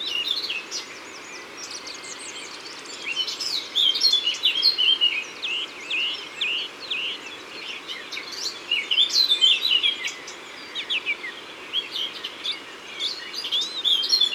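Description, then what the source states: Eurasian blackcap singing almost continuously: lively, chattering warbles and whistled notes, loudest in the middle and near the end. Recorded in Isère.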